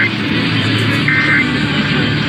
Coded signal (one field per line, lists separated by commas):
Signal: Emergency Alert System (SAME) tones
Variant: end-of-message bursts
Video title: Pennsylvania, Indiana and Kentucky Monthly Tests (EAS #352-364) 4/17-18/24